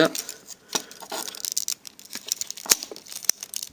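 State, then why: Seated. Plastic pegs and clips on a custom plastic transforming toy figure are pressed into the pieces that hold the arms, with crinkly handling sounds and someone talking briefly. Sharp clicks at 2.7 s and 3.3 s mark the parts snapping into place, and everything is seated.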